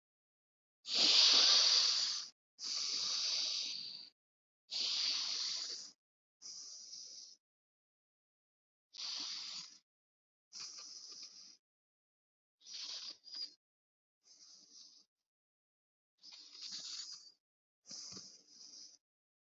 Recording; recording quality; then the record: deep breathing; excellent, no background noise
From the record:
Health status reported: healthy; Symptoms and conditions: none ticked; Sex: male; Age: 56 years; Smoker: not ticked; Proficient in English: yes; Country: India